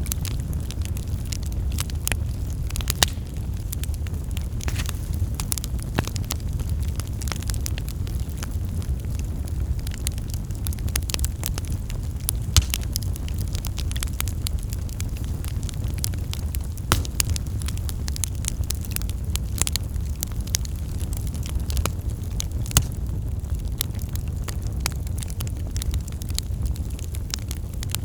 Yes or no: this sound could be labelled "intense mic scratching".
no